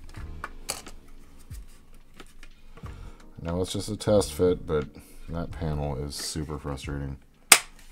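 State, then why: Seated. A plastic hull panel on a scale spaceship model is test-fitted and pressed onto its metal and plastic frame while someone talks. Small clicks and handling taps come before the panel gives a sharp, loud snap at 7.5 s. The panel seats in place on the frame.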